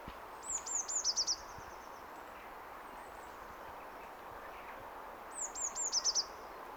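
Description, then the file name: Eurasian blue tit calling, a very high phrase of a few thin downslurred notes running into a fast buzzy trill, given twice about five seconds apart over faint steady background hiss. "Cyanistes caeruleus"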